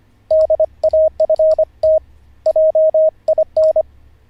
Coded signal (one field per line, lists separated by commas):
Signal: Morse code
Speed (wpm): 25 wpm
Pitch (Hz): 630 Hz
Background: radio noise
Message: DAFT JIN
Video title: How to Learn Morse Code (Day 44) [Livestream]